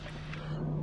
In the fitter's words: and i gotta seat it and get three clicks so that's one